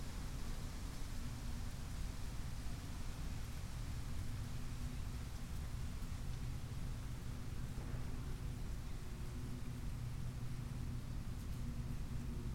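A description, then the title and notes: Steady breeze through an oak-hickory stand, a dense, even hiss over a deep low rumble, unchanging throughout with only a faint tick midway. Plumb Lake County Park.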